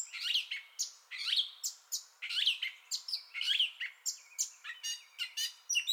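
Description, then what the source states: Gray catbird singing, repeating a similar squeaky phrase several times, then switching to different notes. Entire song bout, 30 May 2021.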